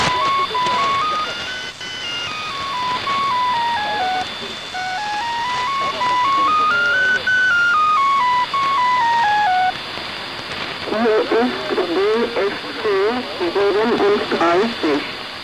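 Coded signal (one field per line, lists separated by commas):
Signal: numbers station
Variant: G14, German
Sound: electronic tune of stepped notes rising and falling, then a voice starts speaking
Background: radio static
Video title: Zahlensender/Number Station "G14" ("DFC-37") (14.05.1983) (19:05 UTC)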